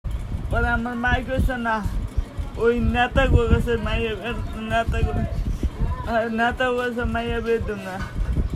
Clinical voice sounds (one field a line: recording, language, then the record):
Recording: elicited speech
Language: Bengali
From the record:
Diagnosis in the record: Broca's or global aphasia after a stroke